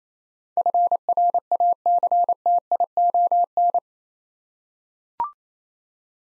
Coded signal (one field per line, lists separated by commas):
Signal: Morse code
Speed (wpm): 28 wpm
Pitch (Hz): 700 Hz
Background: none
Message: FRACTION